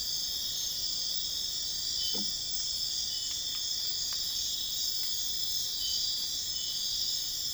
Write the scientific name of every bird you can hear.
none